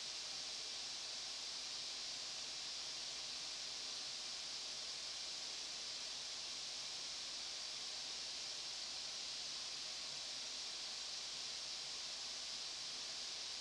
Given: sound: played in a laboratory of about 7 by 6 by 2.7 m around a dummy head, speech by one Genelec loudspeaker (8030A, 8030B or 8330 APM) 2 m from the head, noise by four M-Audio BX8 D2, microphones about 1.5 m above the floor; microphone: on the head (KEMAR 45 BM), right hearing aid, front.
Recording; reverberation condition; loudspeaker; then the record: white noise; medium; four, about 170 cm from the corners of the room and facing them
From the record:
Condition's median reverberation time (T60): about 510 ms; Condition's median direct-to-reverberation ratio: about -0.5 dB